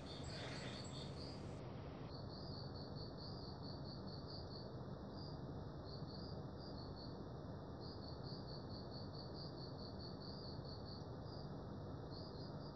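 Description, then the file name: Cricket chirping in rapid, evenly pulsed bursts with short gaps, over a constant loud hiss of background noise. "freesound crickets and a freak"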